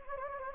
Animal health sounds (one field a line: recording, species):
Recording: mosquito wingbeat signal from an infrared sensor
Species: Anopheles gambiae